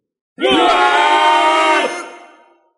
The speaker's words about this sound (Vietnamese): Khi người đàn ông trung niên áo đỏ đạo hàng cất tiếng nói, gã nghe hơn một vạn tu sĩ gầm lên.